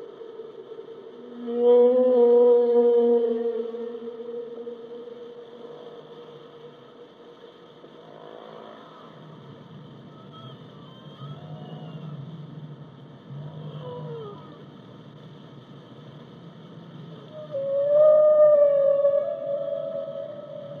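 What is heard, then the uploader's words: Whale song rises out of a low underwater hum: a loud, wavering tonal call around two to three seconds, softer grunts and moans through the middle, and another strong upswept cry near eighteen seconds. A steady deep rumble and faint high whine persist throughout. Whale Sounds in the Deep Ocean. The haunting melody of the whales singing. The whales' voices echo through the water.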